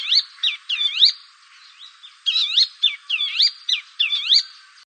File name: suara bronze sunbird